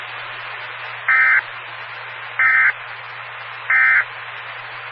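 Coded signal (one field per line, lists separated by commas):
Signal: Emergency Alert System (SAME) tones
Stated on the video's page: Received on a 145.2300 MHz Skywarn amateur repeater.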